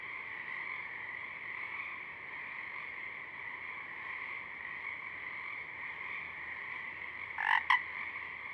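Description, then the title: Pacific chorus frogs in a steady blended chorus, with one louder two-note ribbit standing out near the end. A few Pacific chorus frogs singing at dusk; recorded through a parabolic reflector, simultaneously with a double mid-side rig 50 feet away. "Pacific Chorus Frogs (Pseudacris regilla), dusk, Parabolic"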